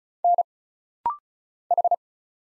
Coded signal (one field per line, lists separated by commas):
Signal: Morse code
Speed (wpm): 35 wpm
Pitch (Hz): 700 Hz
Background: none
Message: N H